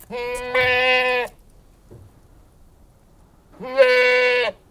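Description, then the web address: Goat bleating: two loud, drawn-out nasal bleats about a second long, the second after a pause of over two seconds. Anglo-Nubian goat breed, livestock, bleating. "The BBC Sound Effects Library. Anglo-Nubian Goat Bleating"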